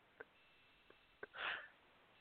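An adult man's sudden urge to sneeze: a few quick intakes, then one short, muffled sneeze burst, heard over a thin, phone-quality line.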